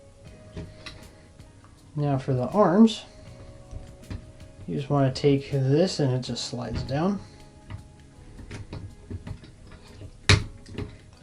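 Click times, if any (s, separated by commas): 10.3 s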